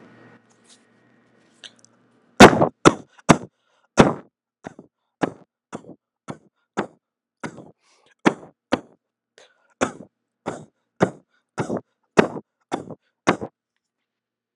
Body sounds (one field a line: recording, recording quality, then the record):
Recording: counting at a fast pace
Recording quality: poor, much background noise or distortion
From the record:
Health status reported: healthy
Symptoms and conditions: diabetes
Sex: male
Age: 42 years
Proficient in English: yes